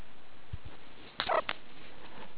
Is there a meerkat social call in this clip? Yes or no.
no